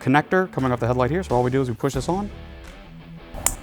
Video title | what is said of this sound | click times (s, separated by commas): Oracle Oculus for Jeep Gladiator | we listen for the snap | 3.5 s